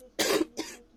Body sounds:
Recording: coughing mixed with background sound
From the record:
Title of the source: 55 gaggy wet cough

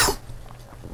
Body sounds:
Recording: coughing mixed with background sound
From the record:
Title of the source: Coughing 79

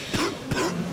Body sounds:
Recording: coughing mixed with background sound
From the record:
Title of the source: Coughing 46

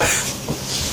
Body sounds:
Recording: coughing mixed with background sound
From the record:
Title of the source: Spring Cold Coughing 2

